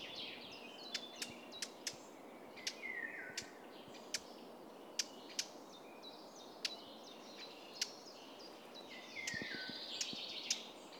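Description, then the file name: Eurasian blackcap song: bursts of quick, varied warbling notes, some dipping and sliding, with scattered sharp clicks and a low background hiss. "Sylvia atricapilla"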